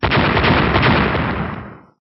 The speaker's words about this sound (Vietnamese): Liên tiếp những tiếng nổ lớn vang lên chấn động bầu trời. Trong tinh vân màu vàng lập tức ầm vang đại chấn, ngoài mặt nổ tung mấy trăm cái vòng xoáy hoàng vân to lớn vô cùng.